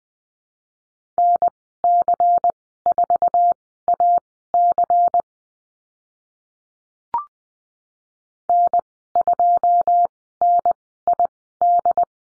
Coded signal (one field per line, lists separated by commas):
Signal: Morse code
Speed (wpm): 20 wpm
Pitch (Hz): 700 Hz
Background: none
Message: NC4AC N2NID